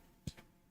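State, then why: Not seated. A plastic archway brick is pressed onto the last rung of a brick model, making a short, sharp tap at about 0.3 s and a fainter tick near 0.4 s in a quiet background. The piece has not clicked or seated into place.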